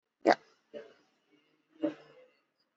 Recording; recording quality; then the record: sustained vowel as in made; poor, much background noise or distortion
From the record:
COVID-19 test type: RT-PCR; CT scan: not taken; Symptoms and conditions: cough, cold, fever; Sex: male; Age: 26 years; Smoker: no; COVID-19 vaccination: both doses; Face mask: worn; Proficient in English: yes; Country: India